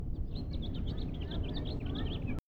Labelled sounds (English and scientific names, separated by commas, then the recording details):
House Finch (Haemorhous mexicanus) song
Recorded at Oceanside on Long Island, New York, on 17 June 1975
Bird A